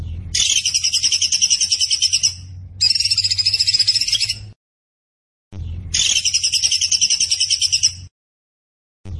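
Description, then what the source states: Tembakan bird song: high, rapid, buzzy trills in bursts of about two seconds with short silences, over a faint low hum. Master recording used to train cage birds, featuring a gacor (vigorously singing) bird.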